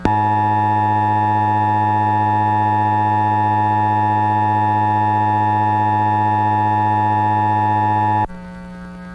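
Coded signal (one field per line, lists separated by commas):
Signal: Emergency Alert System (SAME) tones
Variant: 853 and 960 Hz attention tone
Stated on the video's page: Fictional EAS scenario.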